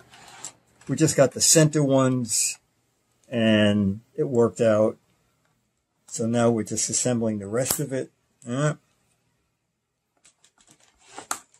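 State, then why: Seated. Someone talks while assembling the remaining plastic pieces of a baseball-cap washing frame, and after the talking stops a few soft handling sounds lead to a sharp plastic snap at 11.3 s. The frame segments click together and seat.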